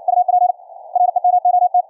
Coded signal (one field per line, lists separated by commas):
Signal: Morse code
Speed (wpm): 56 wpm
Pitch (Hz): 720 Hz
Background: none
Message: UP REMOT